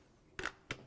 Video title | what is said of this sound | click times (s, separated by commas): Hands-on with Braun's new countertop appliances | there's a satisfying click when you put that into place | 0.4 s, 0.7 s